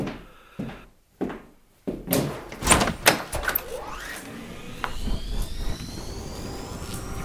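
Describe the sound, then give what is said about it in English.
A door handle is grasped and its latch clunks sharply several times, then the door swings open and a gust of air whirls round, a loud, swirling rush with a rising whine that keeps roaring steadily. “A gust of air whirled round me as I opened the door.”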